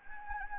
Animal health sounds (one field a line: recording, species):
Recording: mosquito wingbeat signal from an infrared sensor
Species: Anopheles gambiae